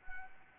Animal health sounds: mosquito wingbeat signal from an infrared sensor; Anopheles arabiensis

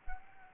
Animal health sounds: mosquito wingbeat signal from an infrared sensor; Anopheles arabiensis

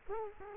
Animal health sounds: mosquito wingbeat signal from an infrared sensor; Culex quinquefasciatus

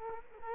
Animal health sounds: mosquito wingbeat signal from an infrared sensor; Culex quinquefasciatus

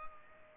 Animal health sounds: mosquito wingbeat signal from an infrared sensor; Culex pipiens

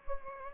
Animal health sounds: mosquito wingbeat signal from an infrared sensor; Anopheles gambiae

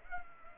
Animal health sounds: mosquito wingbeat signal from an infrared sensor; Culex pipiens

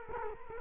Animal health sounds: mosquito wingbeat signal from an infrared sensor; Culex quinquefasciatus

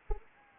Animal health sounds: mosquito wingbeat signal from an infrared sensor; Anopheles arabiensis

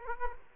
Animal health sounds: mosquito wingbeat signal from an infrared sensor; Aedes aegypti

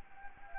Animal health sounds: mosquito wingbeat signal from an infrared sensor; Anopheles gambiae

